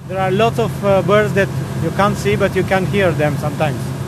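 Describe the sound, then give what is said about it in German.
A steady, low motorboat engine drone runs continuously beneath a person talking as the boat travels through the Danube Delta in Romania, the rumble holding an even pitch and loudness throughout. “Auch der WWF-Mitarbeiter ist auf sein Motorboot angewiesen, um sich im Donaudelta zu bewegen.”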